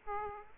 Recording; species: mosquito wingbeat signal from an infrared sensor; Aedes aegypti